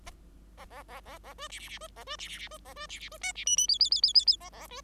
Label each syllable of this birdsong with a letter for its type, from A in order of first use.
A A A A A B C C C B A B C C C B A B C C B D C E E F F F F F F A A B